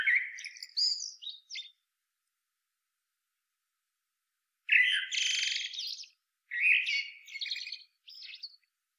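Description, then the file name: Common blackbird song, somewhat soft: a warbled phrase with a thin high tail, a pause, then more phrases of fluty notes and scratchy twitters. "Turdus merula"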